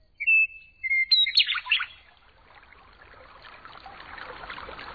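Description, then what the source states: Western meadowlark song: two clear whistled notes, then a quick gurgling flourish, followed by the sound of running water. Song echoes off the sides of the valley.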